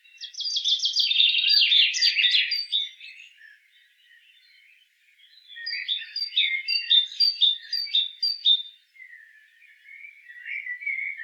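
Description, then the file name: Great tit calls: a harsh, buzzy churring burst for about three seconds, then a run of quick chirping notes, and a few faint softer notes at the end. "Parus major"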